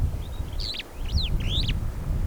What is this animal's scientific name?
Lamprotornis superbus